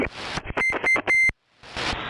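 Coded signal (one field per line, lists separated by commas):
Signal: none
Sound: CB radio roger beep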